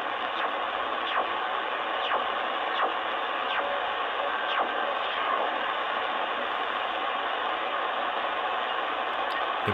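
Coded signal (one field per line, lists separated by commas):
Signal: radar signal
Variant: CODAR ocean radar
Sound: regular swooshing downward sweeps, roughly one per second, over steady hiss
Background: radio static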